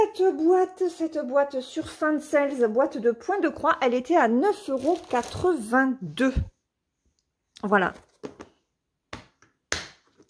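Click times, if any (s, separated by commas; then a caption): 9.1 s, 9.7 s. Someone talks, then closes the lid of a plastic embroidery floss storage box (a cross-stitch box holding floss bobbins). Faint handling sounds lead to two sharp snaps at 9.1 s and 9.7 s as the lid clasps latch shut. The lid is seated and closes well.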